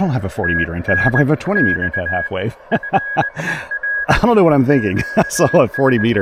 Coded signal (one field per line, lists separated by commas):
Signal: Morse code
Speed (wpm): 21 wpm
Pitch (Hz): 1650 Hz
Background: speech, radio noise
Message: TNX FER QS